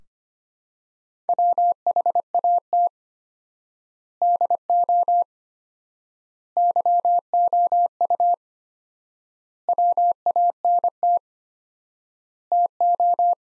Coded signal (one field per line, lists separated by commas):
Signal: Morse code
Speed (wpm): 25 wpm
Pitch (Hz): 700 Hz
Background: none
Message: WHAT DO YOU WANT TO